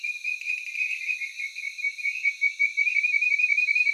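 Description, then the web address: Tree frog giving rapid high pulsed notes continuously throughout. Taiwan. "Tree frog of Taiwan"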